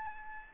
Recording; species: mosquito wingbeat signal from an infrared sensor; Aedes albopictus